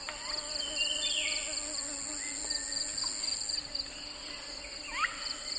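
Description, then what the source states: Insects buzz and whine continuously in layered high bands, with a few faint rising chirps from another animal in the background. In a swamp.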